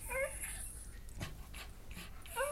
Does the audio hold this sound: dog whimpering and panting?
yes